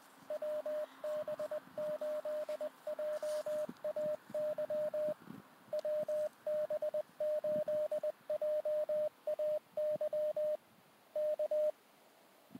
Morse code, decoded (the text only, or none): WB8JAY WB8JAY K